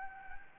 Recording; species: mosquito wingbeat signal from an infrared sensor; Anopheles gambiae